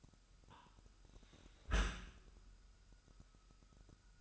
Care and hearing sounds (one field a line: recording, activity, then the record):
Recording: daily activity, microphone in the room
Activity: close dishwasher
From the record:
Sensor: 2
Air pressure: 998.0 hPa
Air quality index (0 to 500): 148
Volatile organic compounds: 4 ppm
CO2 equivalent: 1666 ppm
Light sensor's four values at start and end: 9/29/11/11 and 9/29/11/11